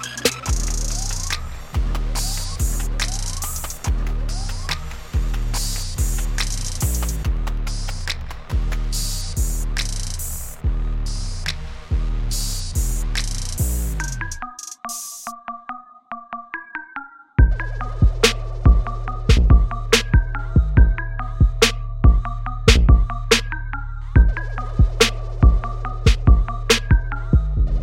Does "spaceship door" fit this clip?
yes